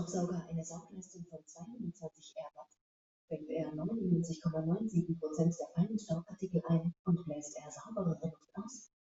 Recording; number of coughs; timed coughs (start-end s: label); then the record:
no coughing; 0
none
From the record:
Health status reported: healthy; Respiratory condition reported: no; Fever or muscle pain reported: no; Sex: male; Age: 48 years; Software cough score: 0.02